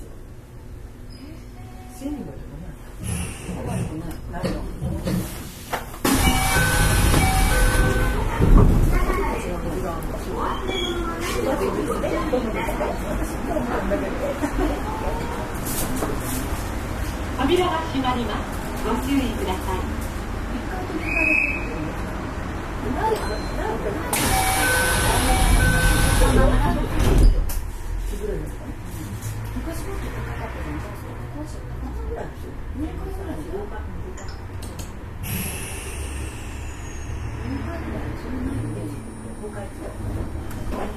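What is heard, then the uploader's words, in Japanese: Recorded aboard an express train on the Osaka Line, with a steady low rumble of the running train under many overlapping voices talking throughout. Louder rushing bursts come around 6 to 9 seconds and again near 24 to 27 seconds, and a brief high tone sounds near 21 seconds. 近鉄5820系列 大阪線急行 八木から上本町まで。近畿日本鉄道 5820系電車の走行音です。大阪線の急行列車で録音しました。It is the sound of a motor.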